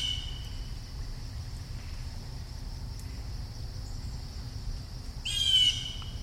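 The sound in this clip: Bird giving one brief, harsh, rasping squawk late in the recording after quiet moments, with a continuous high-pitched hiss and low rumble throughout.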